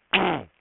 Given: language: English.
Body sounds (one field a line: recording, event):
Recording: throat vibration sensor signal played as sound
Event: throat clearing